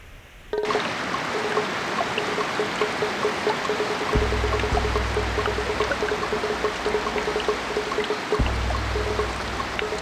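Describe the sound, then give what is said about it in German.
Heavy tropical rain pours down on a forest in a dense, steady hiss, pattering and drumming on leaves. A deep low rumble swells in partway through and returns near the end. “Gewaltiges Trommeln auf allen Blättern. Ein Wassersturz wie eine Sintflut.”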